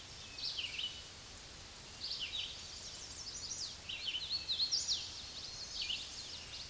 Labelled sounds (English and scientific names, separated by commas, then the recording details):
Hooded Warbler (Setophaga citrina) song
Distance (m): 30 m
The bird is about 10 m above the microphone
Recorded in a Pennsylvania forest on 16 May 2024 at 06:32
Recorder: AudioMoth, point MSD-2208
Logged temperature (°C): 15.2 °C
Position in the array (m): 131 m, 112 m